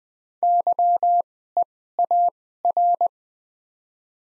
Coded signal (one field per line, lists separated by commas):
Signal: Morse code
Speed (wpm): 20 wpm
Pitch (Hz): 700 Hz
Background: none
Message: YEAR